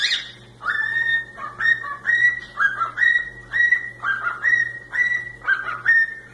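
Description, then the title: Cockatiel whistling a short two-part phrase repeated many times over a steady low hum. Several cockatiels singing and whistling. "Calopsitas Cantando Assobio"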